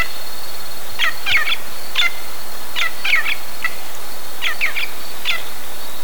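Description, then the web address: Bird utters harsh chattering notes in small groups roughly every second, some notes doubled or tripled, against a constant faint high-pitched hum. "BIRD 2015 SABIOD 50 bird 2015"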